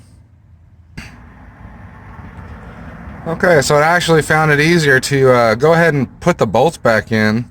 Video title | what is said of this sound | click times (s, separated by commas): How to Replace Door Handle on 96-00 Honda Civic | push until it snaps into that slot okay | 1.0 s